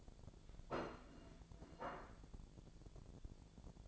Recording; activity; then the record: daily activity, microphone in the room; place plate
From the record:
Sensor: 5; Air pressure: 1000.3 hPa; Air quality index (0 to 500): 124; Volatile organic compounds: 2 ppm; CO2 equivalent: 982 ppm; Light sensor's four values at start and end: 96/226/96/105 and 96/226/96/105